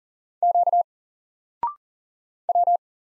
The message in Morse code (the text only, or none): Q W